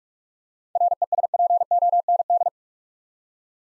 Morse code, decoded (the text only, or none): RESPOND